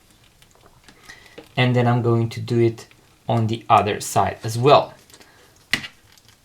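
The spring bar of a quick-release strap is engaged with its release pin on a Fossil Coachman watch, seating the strap's loose end into the case lug with a small click at 1.4 s, after a few faint ticks. Someone then talks, and a sharp, loud snap is heard at about 5.7 s.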